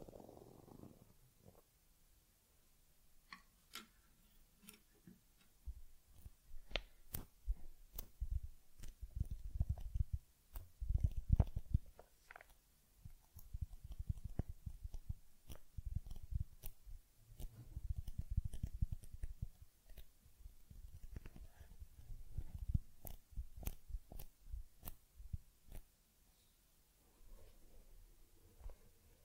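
Someone grooming and massaging a teddy: soft rubbing and brushing strokes come in low, muffled bursts, with sharp clicks and crisp scratches scattered throughout. The activity swells and eases in waves, with quieter pauses near the start, around thirteen seconds and at the end.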